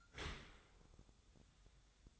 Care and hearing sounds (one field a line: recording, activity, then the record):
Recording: daily activity, microphone in the room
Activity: open dishwasher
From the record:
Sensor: 3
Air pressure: 1004.8 hPa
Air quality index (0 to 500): 96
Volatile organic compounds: 3 ppm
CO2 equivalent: 1496 ppm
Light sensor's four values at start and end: 7/18/7/7 and 7/18/7/7